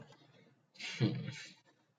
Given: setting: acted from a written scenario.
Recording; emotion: vocal sound without words; guilt